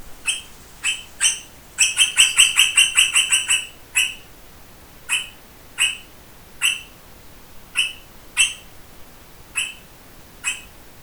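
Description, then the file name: Eastern rosella giving sharp, high clipped bark notes: first a few spaced notes, then a rapid chattering run, then single notes at irregular spacing. "Platycercus eximius bark"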